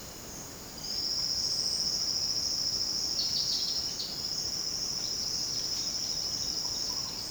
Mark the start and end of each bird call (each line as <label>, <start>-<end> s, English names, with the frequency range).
Silvered Antbird (4.0-6.5 kHz), 0.69-4.10 s
unidentified bird (3.1-6.6 kHz), 3.16-4.11 s